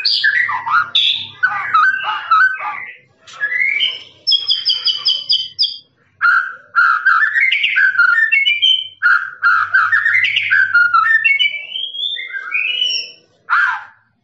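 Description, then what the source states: Lovebird song of long runs of rapid shrill twitters and squeaks, each burst lasting a few seconds, with a run of evenly repeated high notes. Long trilling 'ngekek' song used for training birds.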